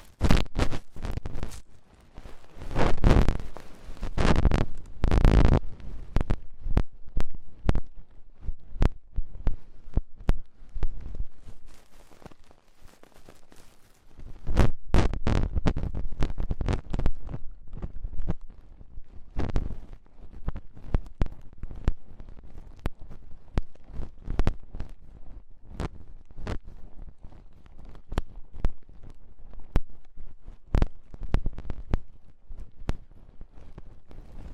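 Ear cleaning with rhinestone and clay removal: dense, irregular crackly taps and scrapes, busiest in the opening seconds and again near fifteen seconds.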